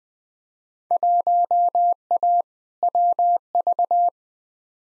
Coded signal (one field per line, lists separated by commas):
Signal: Morse code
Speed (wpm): 20 wpm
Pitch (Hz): 700 Hz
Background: none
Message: 1A WV